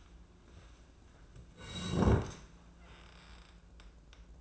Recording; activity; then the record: daily activity, microphone in the room; sit down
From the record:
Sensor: 2